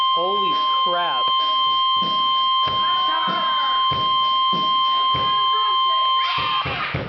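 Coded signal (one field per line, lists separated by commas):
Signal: Emergency Alert System (SAME) tones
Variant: 1050 Hz attention tone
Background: speech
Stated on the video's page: EAS tones for tornado warnings on a high-risk severe weather day.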